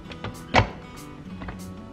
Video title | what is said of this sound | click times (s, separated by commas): Affordable Slow Press Juicer Demonstration - Russel Hobbs Luxe Press Slow Juicer | that's the click I kind of see okay | 0.6 s